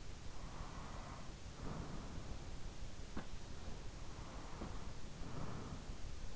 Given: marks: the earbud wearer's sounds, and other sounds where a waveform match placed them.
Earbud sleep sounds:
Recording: sounds in sleep by an in-ear microphone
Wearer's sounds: breath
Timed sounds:
0.15-2.74 s: breath
3.58-6.36 s: breath

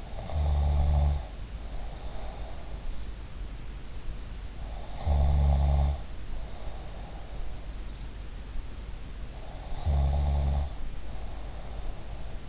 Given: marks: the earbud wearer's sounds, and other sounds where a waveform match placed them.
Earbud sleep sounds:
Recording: sounds in sleep by an in-ear microphone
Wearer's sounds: snoring breath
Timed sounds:
0.00-2.84 s: snoring breath
4.58-7.72 s: snoring breath
9.34-12.49 s: snoring breath

